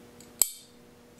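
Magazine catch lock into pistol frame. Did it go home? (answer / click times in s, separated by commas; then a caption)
yes / 0.4 s. A 1911 magazine catch lock is turned clockwise with light tension until it lines up with the groove in the steel pistol frame. It snaps home with a sharp metallic click at 0.4 s, followed by a brief high ringing decay. The magazine catch is seated in place.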